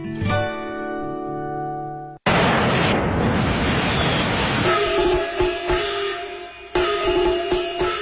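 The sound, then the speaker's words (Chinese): A sustained held tone cuts off into a loud, dense roar of crackling firecrackers and bursting fireworks, with rapid sharp pops continuing over a faint ringing tone to the end. It opens a Spring Festival special programme on Beijing Music Radio. “烟花灿灿，爆竹声声，永恒的魅力，春节特别节目，全球音乐家穿越时空，陪您过新年。”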